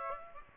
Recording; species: mosquito wingbeat signal from an infrared sensor; Aedes aegypti